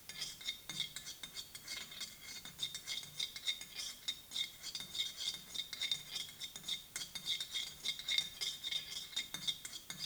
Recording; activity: daily activity, guitar pickup as the sensor; fry